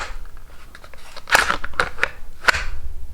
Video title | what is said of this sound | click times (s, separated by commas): Holster Options - An Overview For Beginners | When you lock it into place, you should hear a click. | 1.8 s